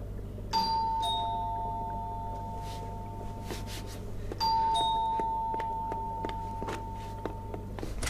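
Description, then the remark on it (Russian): A doorbell chimes twice, each ring a bright two-tone ding-dong with a long ringing decay, separated by a few seconds over a steady low hum. “Звонок в двери.”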